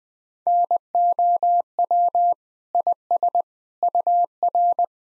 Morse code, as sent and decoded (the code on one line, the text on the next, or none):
-. --- .-- / .. ... / ..- .-.
NOW IS UR